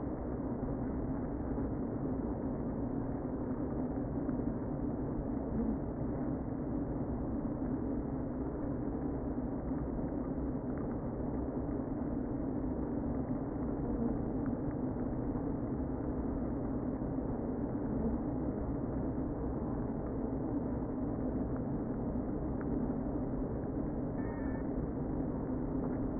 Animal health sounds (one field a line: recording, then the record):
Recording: honeybee colony, microphone inside the hive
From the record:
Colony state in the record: queen present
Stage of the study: before two queens were removed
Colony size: about 60,000 bees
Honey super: yes